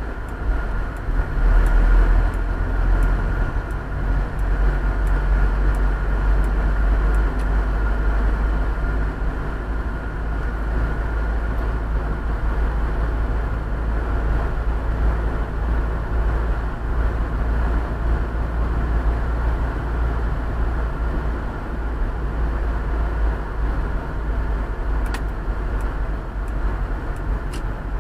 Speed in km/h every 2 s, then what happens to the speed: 34, 34, 38, 39, 41, 41, 42, 43, 43, 44, 45, 42, 39, 38.
0-17 speeds up to 44.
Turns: none.